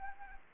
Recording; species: mosquito wingbeat signal from an infrared sensor; Anopheles arabiensis